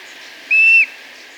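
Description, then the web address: Streak-throated bush-tyrant giving a single clear, level whistle lasting about a third of a second, ending with a slight downward slur; otherwise quiet hiss. Recorded in Ecuador. "Birds of Ecuador 3. Streak-Throated Bush-Tyrant"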